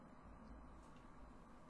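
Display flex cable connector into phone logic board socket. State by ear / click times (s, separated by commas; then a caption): not seated / none. While reinstalling the screen on an iPhone 5C, the top display flex cable connector is lined up and pressed toward its logic board socket. Only a steady, low broadband hiss and rumble is heard, with no sharp transients. Nothing has seated or clicked yet.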